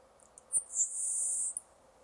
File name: lecontes sparrow